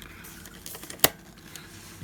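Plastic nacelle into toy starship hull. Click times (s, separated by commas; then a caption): 1.0 s. A second plastic warp nacelle is pushed into its socket on the hull of a 1998 Playmates Star Trek Insurrection U.S.S. Enterprise NCC-1701-E toy starship. Faint handling ticks lead up to one sharp, bright click at 1.1 s, followed by a few more light ticks and a low thump near the end. The nacelle is seated, locked into place with no gaps.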